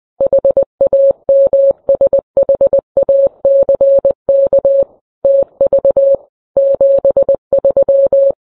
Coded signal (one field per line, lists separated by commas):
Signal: Morse code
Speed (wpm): 20 wpm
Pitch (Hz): 550 Hz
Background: none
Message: HAMSHACK TV 73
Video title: FCC Repeater Tax Report: What You Need to Know as a Ham Operator"